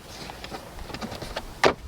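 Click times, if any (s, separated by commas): 1.6 s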